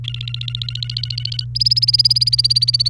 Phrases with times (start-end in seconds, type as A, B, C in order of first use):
0.04-1.45 A, 1.55-2.89 B